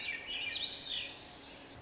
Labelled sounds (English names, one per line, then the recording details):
Swainson's Thrush
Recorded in Sonoma County, California